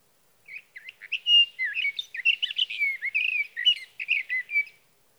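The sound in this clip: Sage thrasher singing a long warbled run of quick, mixed slurred and whistled notes, beginning after a brief quiet moment.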